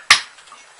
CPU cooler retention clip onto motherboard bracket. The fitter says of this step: know if you heard that little snap there in place.